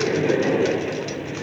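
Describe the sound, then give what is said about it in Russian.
A red tram rolls along its rails with a steady, dense low rumble and faint metallic rattling, holding an even loudness for the whole moment with no voices. “Мы будем ездить со всеми советскими удобствами в красном трамвае.”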